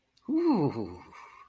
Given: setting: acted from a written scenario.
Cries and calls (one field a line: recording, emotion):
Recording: vocal sound without words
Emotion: ecstasy